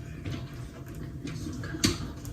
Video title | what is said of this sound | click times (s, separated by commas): My First Time Canning & a Little Cleaning of the Mudroom | so this little piece there locks into place | 1.8 s